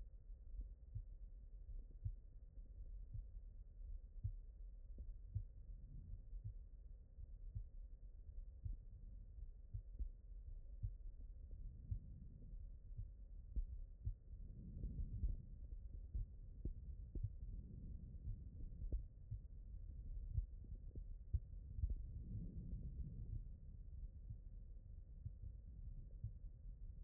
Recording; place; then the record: heart sounds by stethoscope; aortic valve (AV)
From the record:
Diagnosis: non-HFrEF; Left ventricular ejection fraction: 60%